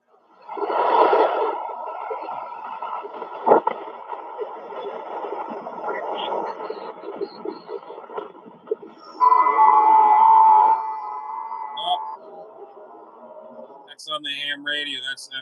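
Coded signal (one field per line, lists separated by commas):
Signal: FT8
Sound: overlapping soft warbling tones, a chorus of faint beeps for about twelve seconds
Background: radio static, clicks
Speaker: Hey, Jinx, it almost sounds like a video game. Oh, that's on the ham radio. That's FT8.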